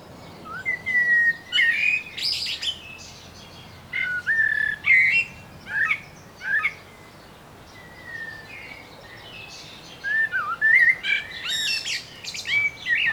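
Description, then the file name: Common blackbird song: several low, fluty whistled phrases that each end in squeaky, higher twittering notes, with short pauses between phrases. "Turdus merula"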